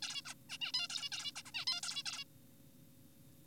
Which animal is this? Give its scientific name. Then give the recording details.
Taeniopygia guttata. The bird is an adult. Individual g4p5U